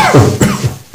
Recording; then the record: coughing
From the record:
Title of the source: Mid-morning Winter Coughing Fit